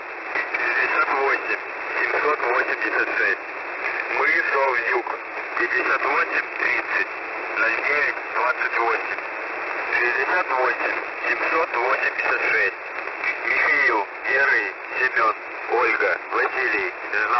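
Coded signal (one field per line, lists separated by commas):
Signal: coded military voice message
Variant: S30 The Pip, Russian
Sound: a man speaking steadily over narrowband radio, reading a voice message through hiss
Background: radio static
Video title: S30 "The Pip" message (5448 kHz) on 25th May, 2020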